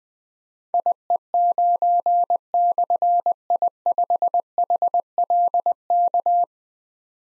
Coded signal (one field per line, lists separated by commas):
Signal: Morse code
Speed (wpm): 20 wpm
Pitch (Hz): 700 Hz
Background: none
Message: IE9/I5HLK